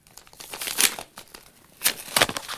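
A paper envelope holding a letter and a key is torn open with crisp, crinkling rips, a loud burst near the start, then quieter rustling and two more sharp tearing pulls toward the end, with no voices.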